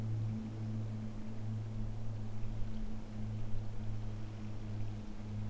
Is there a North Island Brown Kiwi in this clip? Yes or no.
no